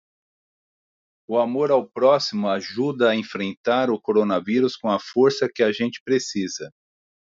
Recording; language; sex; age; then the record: spoken sentence; Brazilian Portuguese; male; 40 to 49 years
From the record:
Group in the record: control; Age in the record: 45 years